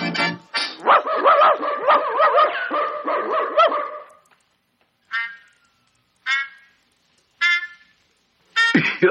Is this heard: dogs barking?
yes